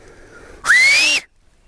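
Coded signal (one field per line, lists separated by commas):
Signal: whistled language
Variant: Gran Canaria silbo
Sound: a single breathy whistle gliding upward in pitch for about half a second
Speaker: lo silbábamos con este porque este sonido es distinto a este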